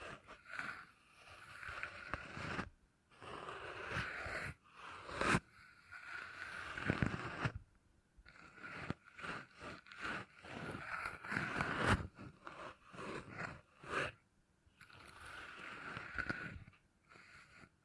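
Beeswax being handled and scraped in bursts of crackly, squishy rubbing, with brief sharp clicks and short pauses between strokes throughout.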